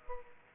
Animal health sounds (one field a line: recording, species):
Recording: mosquito wingbeat signal from an infrared sensor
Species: Culex pipiens